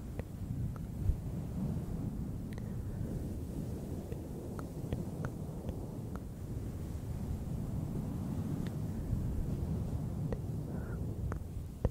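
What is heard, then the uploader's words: Soft towel sounds make a steady, dense, low rushing rumble that stays even for the whole clip, like a wave. Small sharp ticks and clicks, like light tsk sounds, break through every second or two, some crisp. Blue yeti mic. Soft ocean towel sounds w tsk tsk, shh.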